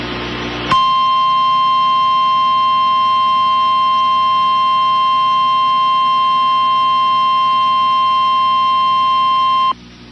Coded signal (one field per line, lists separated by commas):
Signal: Emergency Alert System (SAME) tones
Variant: 1050 Hz attention tone